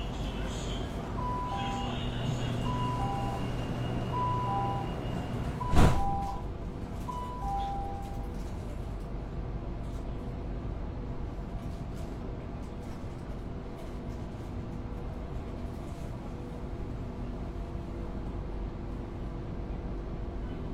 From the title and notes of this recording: Cooling in Metro, Shenzhen. 深圳地铁冷气开得很足. 那天下午三四点的样子，我从地铁 1 号线鲤鱼门站上车. 地铁里没什么人，很干净，很凉快，然后录下了这段音频。